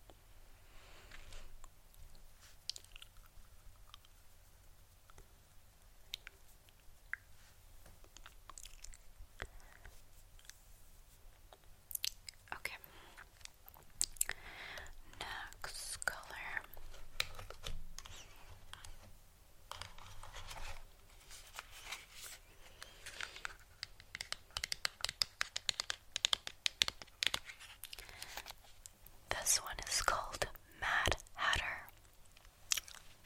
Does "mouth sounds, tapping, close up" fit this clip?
yes